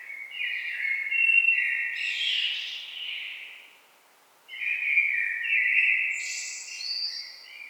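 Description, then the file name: Common blackbird singing: a mellow fluted warble ending in a thin, squeaky flourish, then a short pause before another rich, fluting phrase begins. "Turdus merula"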